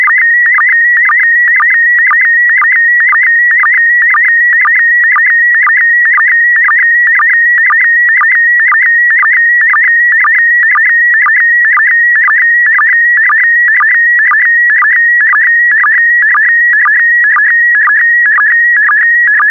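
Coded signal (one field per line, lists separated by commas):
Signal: SSTV (slow-scan television)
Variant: PD120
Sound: steady high whistle near 2 kHz broken by short low chirps about twice a second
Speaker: 5, 4, 3, 2, 1. Thank you. Transmission complete.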